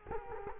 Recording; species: mosquito wingbeat signal from an infrared sensor; Culex quinquefasciatus